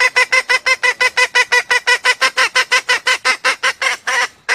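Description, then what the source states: Junglefowl mating call: a fast, steady run of harsh, nasal clucks, holding an even pitch throughout. Female junglefowl calling to solicit mating.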